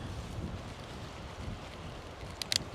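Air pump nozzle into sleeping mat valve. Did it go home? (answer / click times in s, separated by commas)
yes / 2.4 s, 2.6 s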